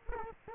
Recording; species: mosquito wingbeat signal from an infrared sensor; Culex quinquefasciatus